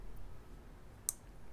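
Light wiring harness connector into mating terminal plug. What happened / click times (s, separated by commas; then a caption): The wiring connector clicked into place / 1.1 s. A light wiring harness connector for KC HiLiTES Apollo Pro 6" 100w lights is pushed into its mating terminal plug. Against a quiet background, a single sharp, bright click sounds at 1.1 s, and the connector is seated.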